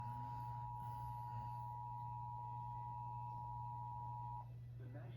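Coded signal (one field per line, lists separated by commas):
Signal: Emergency Alert System (SAME) tones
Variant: 853 and 960 Hz attention tone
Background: speech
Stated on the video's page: Severe thunderstorm warning EAS tones aired on a public television station.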